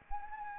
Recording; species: mosquito wingbeat signal from an infrared sensor; Anopheles arabiensis